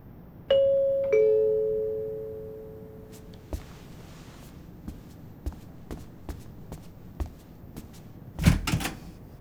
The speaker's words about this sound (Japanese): っていうか、こんな夜中に無防備に玄関のドアを開けるな。